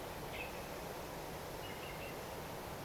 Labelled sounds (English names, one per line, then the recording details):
Common Nightingale
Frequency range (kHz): Common Nightingale 1.4-4.0 kHz
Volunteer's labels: chant Luscinia megarhynchos
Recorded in France